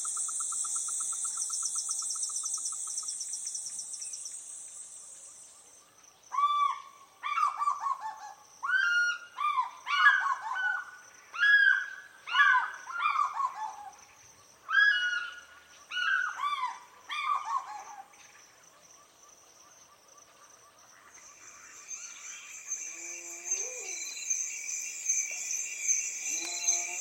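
Outdoor wild soundscape: a high, steady insect trill opens the scene, then from about six to eighteen seconds a bird sings a rapid series of loud, clear phrases, falling and rising. After a lull, bright insect buzzing swells back with a few soft calls.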